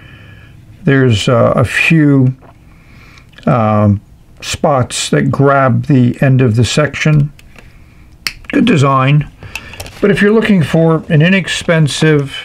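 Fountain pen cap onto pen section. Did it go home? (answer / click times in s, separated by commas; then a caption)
yes / 8.3 s. Someone talks while a Pilot fountain pen's cap is pushed onto the pen, its section snapping into place on the grab points of the liner inside the cap. A single sharp snap is heard at 8.3 s, and the cap is seated.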